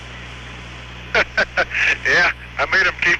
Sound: laughter